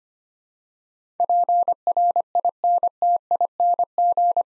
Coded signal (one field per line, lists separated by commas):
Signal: Morse code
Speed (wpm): 25 wpm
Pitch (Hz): 700 Hz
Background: none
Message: PRINTING